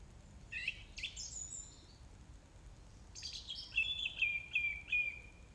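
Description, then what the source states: Song thrush song: short squeaky high phrases, then a bright whistled note repeated several times near the end, with a quiet hiss behind. Recorded 4 May 2021 at 20:35.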